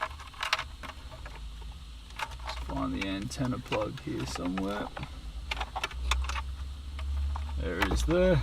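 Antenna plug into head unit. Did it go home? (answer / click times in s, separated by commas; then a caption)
no / none. An antenna plug is handled and lined up with the head unit antenna socket while someone talks, with brief rattling, jangling handling sounds throughout. Nothing has seated or clicked yet by the end of the clip.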